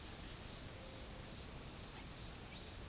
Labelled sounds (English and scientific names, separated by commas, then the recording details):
none
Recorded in secondary vegetation near Puerto Asís, Putumayo, Colombia, on 26 December 2024 at 12:30
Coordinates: 0.489, -76.322
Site G059